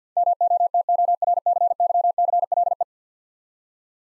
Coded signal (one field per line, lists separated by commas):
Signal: Morse code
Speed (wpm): 48 wpm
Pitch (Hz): 700 Hz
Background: none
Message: MOTORCYCLE